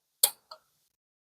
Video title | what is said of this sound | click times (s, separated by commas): 2025 Subaru Ascent Bronze Edition All The Buttons - Delivery | to open to close it just twist it clockwise until you hear it click | 0.2 s, 0.5 s